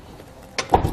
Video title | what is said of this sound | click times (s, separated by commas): etrailer - Fit Test: Kuat NV 2.0 Bike Rack for 2 Bikes with 2019 Cadillac XT5 | to token back up we're just gonna grab ahold of the bike rack lift up tell locks into place | 0.7 s